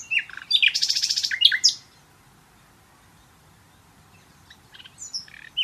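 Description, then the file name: Common nightingale: a loud, dry, rattling burst of rapid notes lasting about a second, then near silence before a few faint high chirps. "Luscinia megarhynchos"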